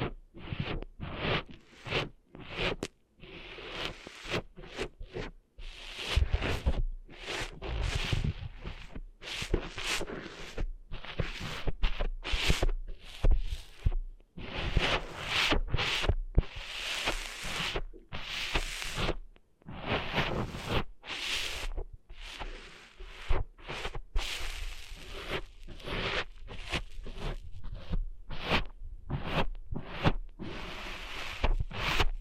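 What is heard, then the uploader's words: Sand is cleaned out of an ear with a steady run of scratching, rubbing and rustling strokes, some with a dull thump underneath. The strokes come quickly and unevenly, crowding together for long stretches and broken by brief silences near 3, 14 and 20 seconds. ASMR Cleaning Sand Out of Your Ears (No Talking).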